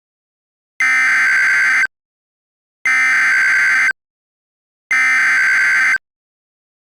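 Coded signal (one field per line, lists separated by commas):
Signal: Emergency Alert System (SAME) tones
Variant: header bursts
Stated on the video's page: Mock EAS alert.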